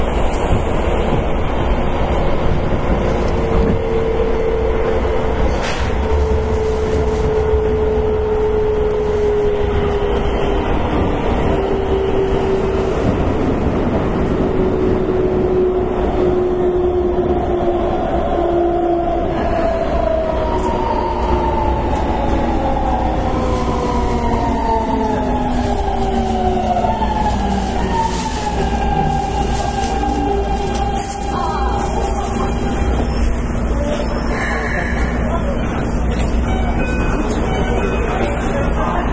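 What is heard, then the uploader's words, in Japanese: Onboard recording of a commuter train in motion, with a dense, steady rumble of wheels and track throughout. An electric motor whine glides slowly downward early on, then from about twenty seconds several whining tones step and slide through shifting pitches. 京浜急行電鉄 1000形の走行音です。直通快速特急にて収録しました。区間は川崎到着前から押上までです。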